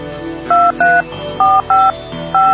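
A telephone number being dialed: five short, bright touch-tone beeps in an uneven rhythm, each a steady two-note chirp, sounding over a low, steady background hum with no voices.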